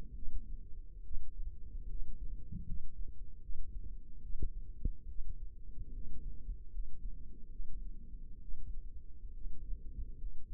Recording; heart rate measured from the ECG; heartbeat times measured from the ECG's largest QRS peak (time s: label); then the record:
heart sounds by microphone in the left ear; 72 bpm
0.14 s: heartbeat
1.03 s: heartbeat
1.88 s: heartbeat
2.65 s: heartbeat
3.41 s: heartbeat
4.22 s: heartbeat
5.07 s: heartbeat
5.92 s: heartbeat
6.70 s: heartbeat
7.51 s: heartbeat
8.40 s: heartbeat
9.33 s: heartbeat
10.17 s: heartbeat
From the record:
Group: healthy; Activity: rest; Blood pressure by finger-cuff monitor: 101/52 mmHg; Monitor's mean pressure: 69 mmHg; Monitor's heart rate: 70 bpm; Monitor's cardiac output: 7.2 L/min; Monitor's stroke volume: 97 mL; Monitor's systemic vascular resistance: 650 dyn s/cm5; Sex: female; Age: 22 years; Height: 160 cm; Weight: 63 kg